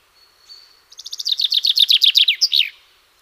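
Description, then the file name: Common chaffinch song: a soft lead-in note, then a fast series of bright, descending chirps ending in a sharp flourish. The background is quiet. "Fringilla coelebs"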